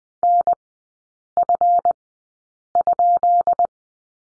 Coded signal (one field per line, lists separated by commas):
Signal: Morse code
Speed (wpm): 20 wpm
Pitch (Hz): 700 Hz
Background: none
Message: NF?